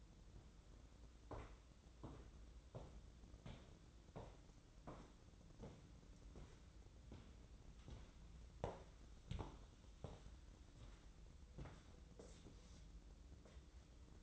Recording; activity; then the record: daily activity, microphone in the room; walk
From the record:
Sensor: 3